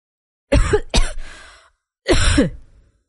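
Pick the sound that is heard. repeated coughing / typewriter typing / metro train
repeated coughing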